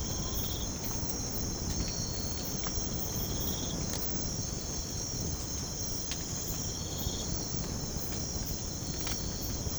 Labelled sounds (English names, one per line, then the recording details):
none
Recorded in pastures near Puerto Asís, Putumayo, Colombia, on 19 March 2025 at 04:30
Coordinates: 0.505, -76.324
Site GP08